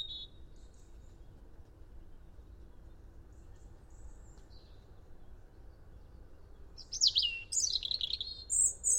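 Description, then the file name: European robin song, a burst of high, thin, tumbling notes only near the end after a long near-silent stretch with soft low hiss. "Erithacus rubecula"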